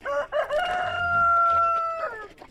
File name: BIRD ROOSTER UNKNOWN CROW